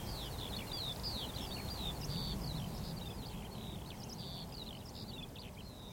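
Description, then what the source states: Eurasian skylark song, a fast jumble of high twittering notes and brief whistled slurs running without pause, with a constant low background rumble. Wild chorus of several skylarks rising from young barley and singing while ascending high into cloudy sky; vast open field, northern edge of the Cotswolds, South Warwickshire.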